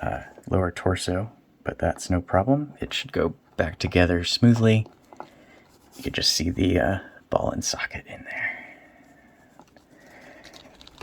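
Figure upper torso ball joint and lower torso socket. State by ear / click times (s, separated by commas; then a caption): not seated / none. Someone talks while holding the separated plastic upper and lower torso of a Jada Toys Street Fighter Chun-Li action figure, lining up the upper torso's ball joint with the lower torso's socket before pushing them back together. Only light handling ticks are heard, around 5.1–5.2 s and 9.6–11.0 s. Nothing has seated or clicked yet.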